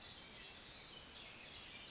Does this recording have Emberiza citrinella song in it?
no